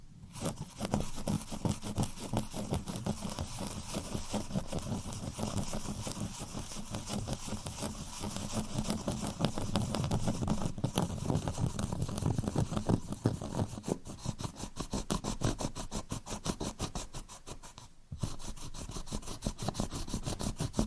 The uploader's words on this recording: Scratching on Cork (NO TALKING).